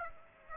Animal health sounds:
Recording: mosquito wingbeat signal from an infrared sensor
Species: Aedes aegypti

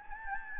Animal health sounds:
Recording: mosquito wingbeat signal from an infrared sensor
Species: Anopheles gambiae

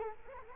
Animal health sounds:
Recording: mosquito wingbeat signal from an infrared sensor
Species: Culex quinquefasciatus

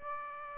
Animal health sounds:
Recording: mosquito wingbeat signal from an infrared sensor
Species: Aedes aegypti

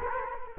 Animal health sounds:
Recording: mosquito wingbeat signal from an infrared sensor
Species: Culex quinquefasciatus

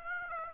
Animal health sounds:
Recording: mosquito wingbeat signal from an infrared sensor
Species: Aedes aegypti

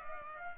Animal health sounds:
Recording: mosquito wingbeat signal from an infrared sensor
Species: Culex pipiens

